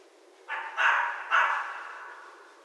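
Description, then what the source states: Red fox giving three hoarse, raspy barks in quick succession, the last trailing off, against a quiet background. Recorded 11 January 2012.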